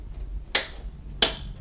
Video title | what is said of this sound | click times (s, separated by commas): HP Pavilion Gaming PC Gets Ram Upgrade TG01-0023W | they all click in place | 0.6 s, 1.2 s